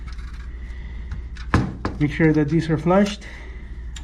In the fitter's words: Push it in using 2 thumbs. You push it firmly all the way in until you hear a click.